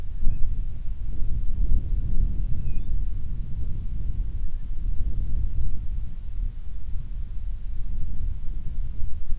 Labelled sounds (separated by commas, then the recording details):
bird, wind
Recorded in the Prudhoe Bay oil fields, Alaska, on 25 July 2019 at 02:11
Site 11